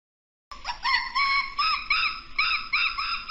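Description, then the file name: Monkey screaming calls: after a brief silence, loud, harmonic screams with rising and falling wavering notes carry on without a break. "Tieng khi keu"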